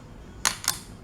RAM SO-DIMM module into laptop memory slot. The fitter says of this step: ditekan kebawah sampai dia berbunyi klik nah